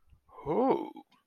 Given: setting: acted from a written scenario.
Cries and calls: vocal sound without words; desire

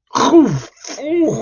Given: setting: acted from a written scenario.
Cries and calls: vocal sound without words; disgust

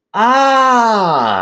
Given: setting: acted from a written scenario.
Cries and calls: vocal sound without words; realization

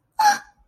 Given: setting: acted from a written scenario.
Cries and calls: vocal sound without words; fear

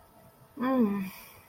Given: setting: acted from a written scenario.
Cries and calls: vocal sound without words; guilt

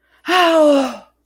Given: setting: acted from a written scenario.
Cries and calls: vocal sound without words; pain

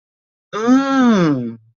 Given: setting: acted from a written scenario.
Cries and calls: vocal sound without words; realization

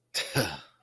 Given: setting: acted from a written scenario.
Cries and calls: vocal sound without words; contempt

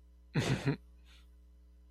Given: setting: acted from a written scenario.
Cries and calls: vocal sound without words; romantic love

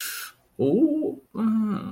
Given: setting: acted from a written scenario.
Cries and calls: vocal sound without words; embarrassment

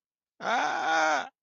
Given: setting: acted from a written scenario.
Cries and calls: vocal sound without words; fear

